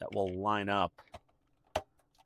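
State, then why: Seated. Someone talks, then faint handling sounds follow as a small tab on the rear wheel of a 1/8 scale diecast Mad Max Ford Falcon XB GT model car from a Hachette partworks build is lined up and the wheel is pushed onto its mount. A sharp, brief click at 1.8 s marks the wheel seating in place.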